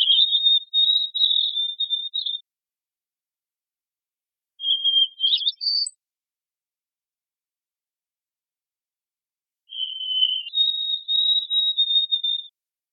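White-throated sparrow singing three times: a long high whistle, a short whistled fragment, then a full song rising from a lower note to a sustained, quavering higher one. No other sounds.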